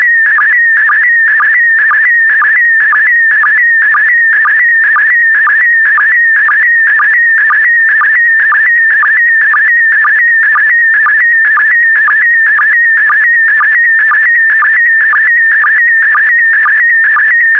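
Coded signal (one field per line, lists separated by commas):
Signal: SSTV (slow-scan television)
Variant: PD120 mode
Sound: steady warbling high tone with short low blips about twice each second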